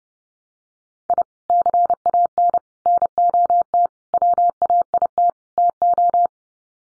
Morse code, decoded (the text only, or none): I CAN NOT WAIT TO